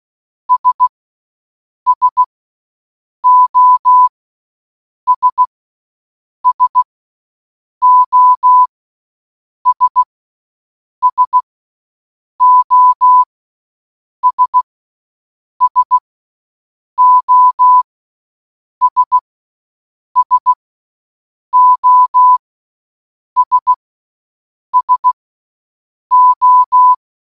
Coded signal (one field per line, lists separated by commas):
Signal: Morse code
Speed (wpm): 16 wpm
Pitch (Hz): 1000 Hz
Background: none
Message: S SOS SOS SOS SOS SOS SO